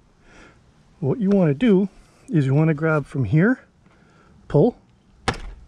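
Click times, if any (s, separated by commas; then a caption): 5.3 s. Someone talks while gripping the plastic side cover of a KTM 690 SMC motorcycle and pulling on it. At 5.3 s, a sharp click sounds as the cover's push-in stud pops out of the grommet in its frame mounting hole, releasing the panel.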